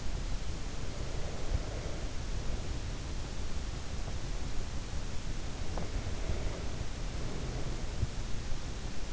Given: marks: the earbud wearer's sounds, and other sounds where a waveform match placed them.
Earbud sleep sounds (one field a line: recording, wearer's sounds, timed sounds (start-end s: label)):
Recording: sounds in sleep by an in-ear microphone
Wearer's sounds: breath, teeth grinding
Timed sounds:
0.69-3.28 s: breath
5.17-9.13 s: breath
5.64-5.95 s: teeth grinding